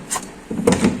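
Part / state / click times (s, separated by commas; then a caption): component (likely vaporizer) into its lock mount on the anesthesia machine / seated / 0.7 s. A component on an anesthesia machine, likely a vaporizer, is set straight, pressed and locked into its lock mount. A faint knock comes early, then a sharp double hit at about 0.7 s and 0.7 s as it locks. The component ends up correctly locked in place.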